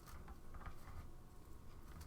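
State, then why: Partly seated. A plastic zip tie is threaded around the two middle rungs of wire wreath forms made from Dollar Tree candy cane wreath forms and pulled just until it catches. It gives a couple of quiet ratchet clicks at about 0.3, 0.6 and 0.7 seconds over a low background rumble. The tie is left only partly tightened, not pulled all the way down.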